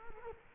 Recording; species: mosquito wingbeat signal from an infrared sensor; Culex quinquefasciatus